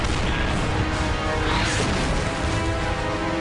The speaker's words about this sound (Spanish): Enormes explosiones.